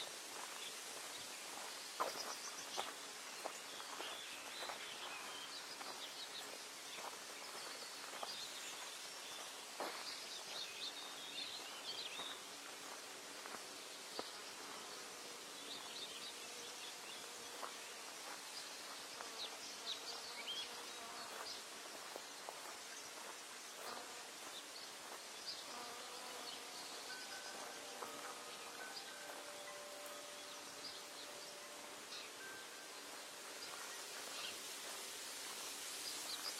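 Birdsong fills a steady natural ambience, with many short chirps and clicks scattered throughout and a run of clear, repeated whistled notes around 25 to 33 seconds. A soft, bright hiss like insects or rustling sits under everything at an even level.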